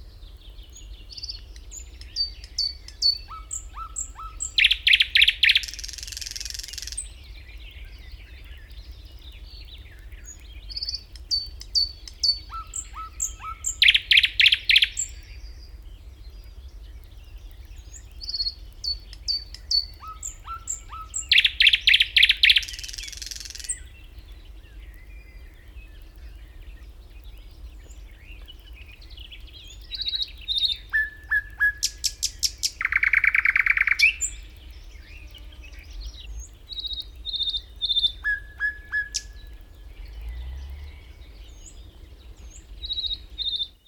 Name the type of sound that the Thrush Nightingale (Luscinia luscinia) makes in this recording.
song